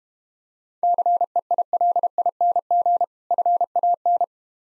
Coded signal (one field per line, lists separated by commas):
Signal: Morse code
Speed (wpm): 30 wpm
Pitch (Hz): 700 Hz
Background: none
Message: CEILING FAN